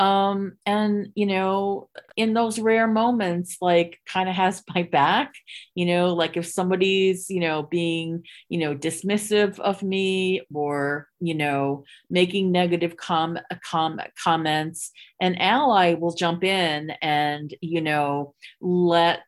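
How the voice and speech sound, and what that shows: An adult woman who identifies as a person who stutters speaks conversationally with part-word repetitions ("co- co-, com- comments"), drawn-out sounds and silent pauses mid-phrase, plus frequent "you know" fillers. These breaks in flow are typical of stuttering.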